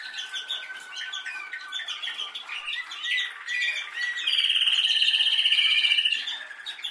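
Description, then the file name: Canary singing varied trills and chirps, then a loud, very fast metallic trill held for about two seconds before it stops. "Canary Voice"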